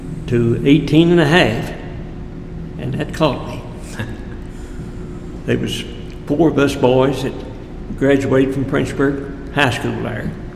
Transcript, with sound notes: to eighteen and a half and that caught [chuckles] There was four of us boys had graduated from Frenchburg high school there